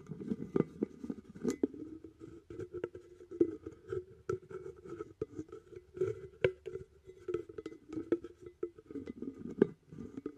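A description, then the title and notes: A rain stick rattles in a continuous patter of tiny taps, with sharper clicks every second or so over a low, steady hiss. Rain stick.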